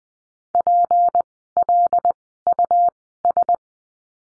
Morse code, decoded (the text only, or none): PLUS